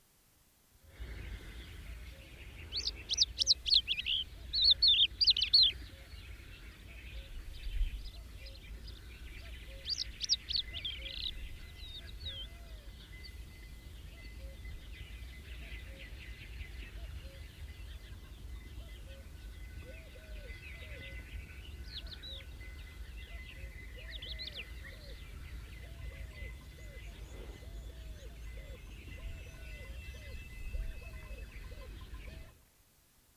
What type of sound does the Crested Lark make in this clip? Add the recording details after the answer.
song. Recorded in the wild. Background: Capra spec., Ovis spec. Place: Dumbraveni, Transilvania, RO. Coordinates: 46.23, 24.575. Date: 1973-05-01. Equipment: Nagra III BH, Sennheiser MD 21, parabola. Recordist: Schubert, Michael. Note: Gesang Haubenlerche, eine Ziegen- u. Schafherde kommt den Hang herab